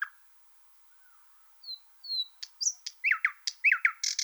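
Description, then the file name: Thrush nightingale: songbird phrase opening with quiet scattered whistles, then rich swooping notes and sharp clicks repeated quickly, ending in a harsh buzzy burst. "solovey obyknovennyy golos"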